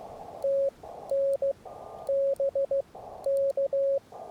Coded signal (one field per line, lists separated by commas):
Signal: Morse code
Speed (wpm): 15 wpm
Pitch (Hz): 560 Hz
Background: radio noise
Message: TN BK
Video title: POTA in CW with subtitles. POTA Pack Mule. *corrected and reposted